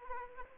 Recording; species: mosquito wingbeat signal from an infrared sensor; Anopheles arabiensis